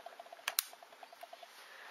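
An airsoft magazine is pushed into the magwell of a Jing Gong Bar-10 G-Spec airsoft rifle. After a first misleading click, it is pressed further until it latches fully, with two sharp clicks at 0.5 s and 0.6 s over faint regular ticking. The magazine is confirmed seated and fully home.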